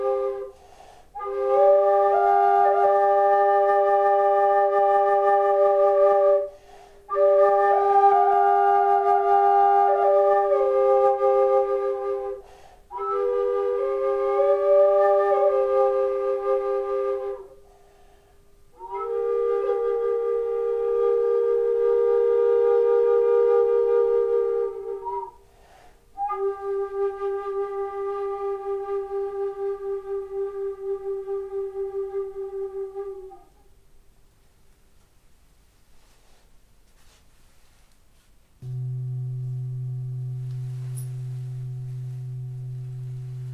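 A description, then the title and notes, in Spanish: Sustained flute-like or sung tones come in phrases of about five seconds, separated by short pauses, each holding a mid pitch that steps up and down. After a near-silent gap around 34 seconds, a low, steady humming tone like a singing bowl rings to the end. Sonidos de cuencos tibetanos, flautas y usando la voz.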